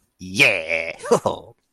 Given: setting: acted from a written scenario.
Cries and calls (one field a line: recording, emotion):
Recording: vocal sound without words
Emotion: pride